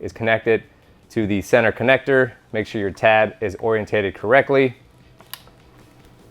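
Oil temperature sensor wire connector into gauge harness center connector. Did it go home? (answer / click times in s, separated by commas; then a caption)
yes / 5.3 s. Someone talks while pushing an oil temperature sensor wire connector, tab oriented correctly, into the center connector of a Dakota Digital gauge harness on a Harley-Davidson Street Glide. After the talking stops, a faint tick at 5.2 s leads into a sharp click at 5.3 s as the connector seats.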